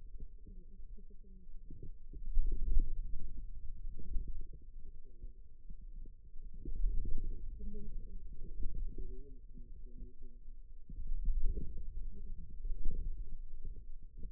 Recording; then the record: forearm muscle sounds (acoustic myography)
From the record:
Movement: wrist extension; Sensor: system 2, bracelet of six BSWA MPA416 microphones around the upper forearm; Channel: 4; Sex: female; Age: 21 years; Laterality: right